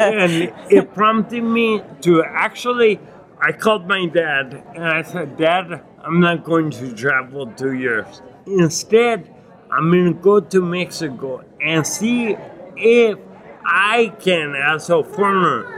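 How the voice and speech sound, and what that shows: Slow, effortful speech from an adult man with irregular pauses and stretched sounds, fitting ataxic dysarthria. He has acquired ataxia (Lance-Adams syndrome) after brain damage from Legionnaires' pneumonia and a 12-day coma, and finds it very difficult to speak and articulate.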